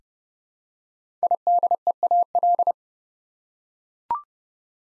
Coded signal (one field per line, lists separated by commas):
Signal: Morse code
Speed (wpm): 30 wpm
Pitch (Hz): 700 Hz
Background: none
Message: IDEAL